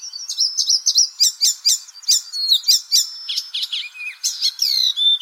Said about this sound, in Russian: что зеленая пересмешка поет так, как будто это какая-то старая игровая приставка, типа Sega или Dendy, и там какая-то пулялка такая пиу-пиу-пиу, тём-тём-тём, пьём-пьём-пьём. Там... Ну, в общем, вот сейчас можно послушать, как зеленая пересмешка поет.